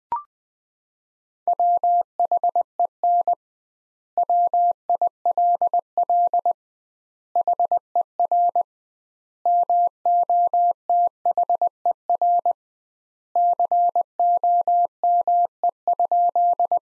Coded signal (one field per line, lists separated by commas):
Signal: Morse code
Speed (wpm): 20 wpm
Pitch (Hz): 700 Hz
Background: none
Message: WHEN WILL HER MOTHER COME?